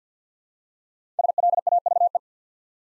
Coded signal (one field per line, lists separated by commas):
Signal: Morse code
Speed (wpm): 50 wpm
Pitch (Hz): 700 Hz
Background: none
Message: SLAVE